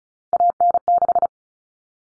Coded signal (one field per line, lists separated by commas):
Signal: Morse code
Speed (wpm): 34 wpm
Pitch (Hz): 700 Hz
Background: none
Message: AN6